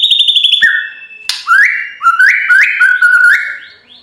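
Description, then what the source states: White-rumped shama song: a fast rippling whistle, a lower whistle and a sharp crack, then a series of rising whistled notes. Training recording (masteran) of full rolling song (ngerol) in nembak style.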